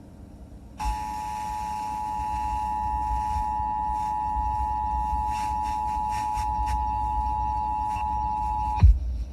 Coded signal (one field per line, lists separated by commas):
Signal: Emergency Alert System (SAME) tones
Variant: 853 and 960 Hz attention tone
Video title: EAS Hazmat Shelter in Place Alert- WQXA 7/6/2020